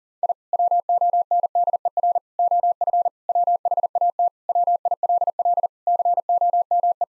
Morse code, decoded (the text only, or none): I WONDER OF WHAT WILL COME